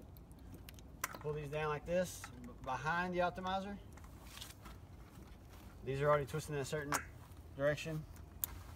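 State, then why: Seated. Behind a solar optimizer, two plastic solar PV cable connectors, one on the optimizer lead, are pushed together while someone talks. A single sharp click sounds at 8.4 s, showing the connectors are seated and joined.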